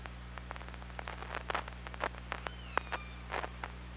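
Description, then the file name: Killer whale clicks come in dense irregular bursts, and a thin, high, slowly falling whistle-like call sits in the middle, above a steady low drone. OrcaLab hydrophone, 24 August 2017, 07:29:54. "Orca Lab UTLN JASON 20170824 072954"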